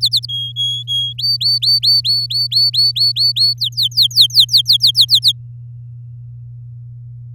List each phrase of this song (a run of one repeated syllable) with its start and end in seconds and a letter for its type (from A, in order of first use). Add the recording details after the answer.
0.01-0.26 A, 0.28-1.13 B, 1.18-3.54 C, 3.58-5.32 D. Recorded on 9 May 2018 at 05:34. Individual llb16